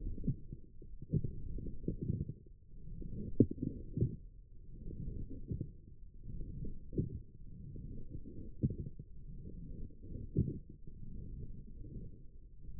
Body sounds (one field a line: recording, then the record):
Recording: forearm muscle sounds (acoustic myography)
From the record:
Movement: forearm pronation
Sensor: system 1, eight BSWA MPA416 microphones around the upper forearm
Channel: 1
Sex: female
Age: 21 years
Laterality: right